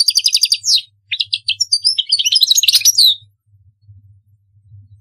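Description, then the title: European goldfinch song: a rapid series of clear repeated chirps, then varied liquid twitters and trills, ending in a low background hum. "Chant Chardonneret"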